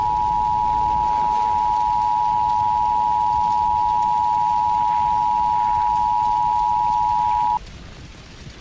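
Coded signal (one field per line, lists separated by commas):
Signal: Emergency Alert System (SAME) tones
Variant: 853 and 960 Hz attention tone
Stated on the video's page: Fictional EAS scenario; simulated alert tones, not a real broadcast.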